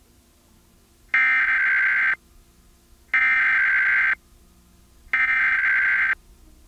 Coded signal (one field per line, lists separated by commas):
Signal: Emergency Alert System (SAME) tones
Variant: header bursts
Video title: Comcast Emergency Alert System - Tornado Warning (April 1, 2023; 6:01pm)